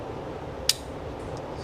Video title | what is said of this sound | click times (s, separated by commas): Is Your 2nd Gen Cummins Not Shifting? Try This First!- Gov. Pressure Solenoid and Band Adjustment | Snapped in place. | 0.7 s